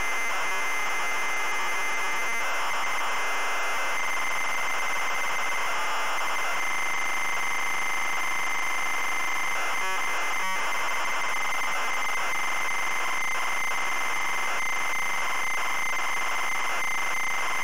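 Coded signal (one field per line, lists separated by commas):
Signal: ZX Spectrum tape loading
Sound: continuous harsh screeching data noise with a faint steady whistle and brief breaks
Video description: today we're loading the ZX Spectrum game, Angry Birds!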